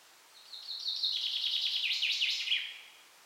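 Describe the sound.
Common chaffinch singing a single bright, high phrase of rapid notes that ends in a flourish, lasting about two seconds.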